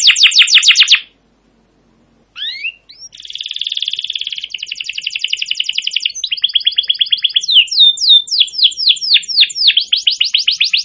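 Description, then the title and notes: Canary song: rapid trilled tours of repeated notes, a short pause after the first second, then buzzy rolls and sweeping whistled notes running on without a break. Wild canary, very active long song; suited as a tutor song for training canaries and as a lure. "Kenari GACOR PANJANG KENARI LIAR. burung kenari gacor parah"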